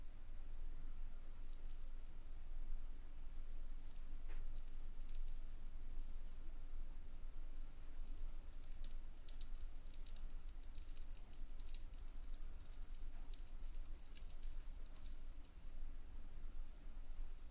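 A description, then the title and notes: A makeup brush and feathers sweep with a soft, airy swishing, steady throughout. Brief bright bristly bursts come and go every second or so, thickest in the middle stretch, over a constant low rumble and faint hiss. Makeup brush, feathers.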